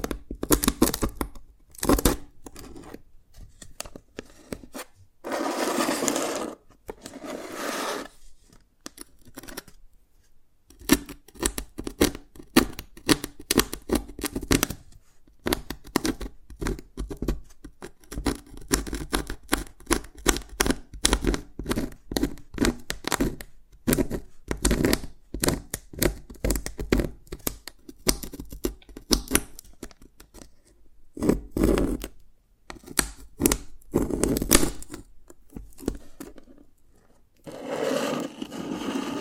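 Tapping and cracking on dalgona candy come as dense bursts of sharp, crisp clicks and snaps, running nearly nonstop. Louder scraping, crunchy stretches rise around 5–7, 15, 31–34 and 38 seconds, with brief quiet gaps near 4, 10 and 36 seconds.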